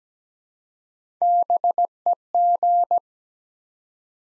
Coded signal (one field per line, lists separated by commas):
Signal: Morse code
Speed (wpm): 17 wpm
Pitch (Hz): 700 Hz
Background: none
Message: BEG